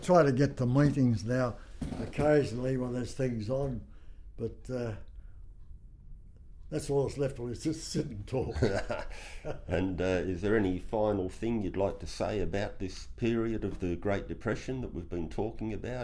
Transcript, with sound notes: I try to get to meetings now occasionally when there’s things on but that’s all that’s left for me, just to sit and talk.
[laughs] Is there any final thing that you’d like to say about this period of the Great Depression that you’d like to talk about.